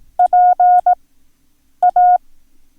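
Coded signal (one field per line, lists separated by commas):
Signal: Morse code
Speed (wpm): 18 wpm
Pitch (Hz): 720 Hz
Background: none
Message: PA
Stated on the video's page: Morse code lesson teaching the letters Q, Y, P and X.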